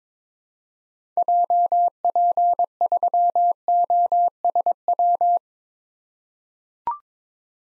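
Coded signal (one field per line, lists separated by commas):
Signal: Morse code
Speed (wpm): 22 wpm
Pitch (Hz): 700 Hz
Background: none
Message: JP3OSW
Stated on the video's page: Morse drill of common SOTA activator call signs at 22 wpm for head-copy practice.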